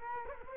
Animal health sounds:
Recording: mosquito wingbeat signal from an infrared sensor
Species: Culex quinquefasciatus

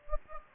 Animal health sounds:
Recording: mosquito wingbeat signal from an infrared sensor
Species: Anopheles gambiae

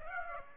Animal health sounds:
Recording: mosquito wingbeat signal from an infrared sensor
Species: Aedes aegypti

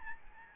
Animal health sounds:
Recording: mosquito wingbeat signal from an infrared sensor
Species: Aedes albopictus

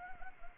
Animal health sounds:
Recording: mosquito wingbeat signal from an infrared sensor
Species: Anopheles gambiae

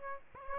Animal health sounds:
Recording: mosquito wingbeat signal from an infrared sensor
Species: Aedes albopictus

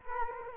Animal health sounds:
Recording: mosquito wingbeat signal from an infrared sensor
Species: Culex quinquefasciatus

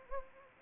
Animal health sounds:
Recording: mosquito wingbeat signal from an infrared sensor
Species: Anopheles gambiae

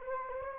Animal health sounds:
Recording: mosquito wingbeat signal from an infrared sensor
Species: Anopheles gambiae

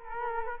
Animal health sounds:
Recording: mosquito wingbeat signal from an infrared sensor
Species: Culex quinquefasciatus

